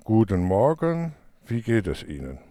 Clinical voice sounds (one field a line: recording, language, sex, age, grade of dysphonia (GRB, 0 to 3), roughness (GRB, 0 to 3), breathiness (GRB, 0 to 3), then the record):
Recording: spoken sentence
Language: German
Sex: male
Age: 60 to 69 years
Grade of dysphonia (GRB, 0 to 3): 0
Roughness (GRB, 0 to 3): 0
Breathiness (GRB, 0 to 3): 0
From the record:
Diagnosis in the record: contact pachydermia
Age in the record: 64 years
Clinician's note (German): Kontaktpachydermie